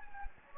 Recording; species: mosquito wingbeat signal from an infrared sensor; Anopheles gambiae